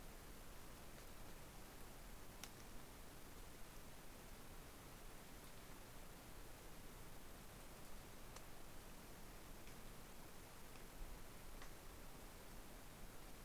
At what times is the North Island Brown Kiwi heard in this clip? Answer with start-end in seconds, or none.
none